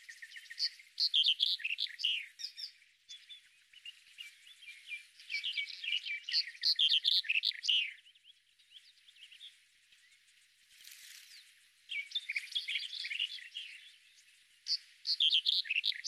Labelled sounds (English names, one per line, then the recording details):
Red-headed Bunting song
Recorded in the wild
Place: Beldersai, UZ
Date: 2001-05-25
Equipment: MiniDisc Sharp MT 20 H
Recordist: Schwarz, Dieter